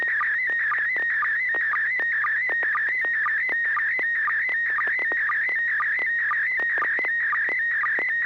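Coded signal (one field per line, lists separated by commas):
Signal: SSTV (slow-scan television)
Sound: warbling, fluttering tone with steady rhythmic low chirps about twice a second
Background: low steady hum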